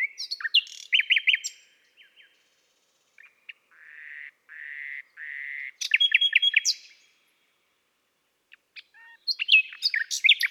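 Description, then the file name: Common nightingale song mixing quick chirps, several soft drawn-out notes, a rapid burst of notes and closing twitters. "Rossignol philomele Chants doiseaux des bois et des forets"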